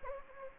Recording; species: mosquito wingbeat signal from an infrared sensor; Anopheles gambiae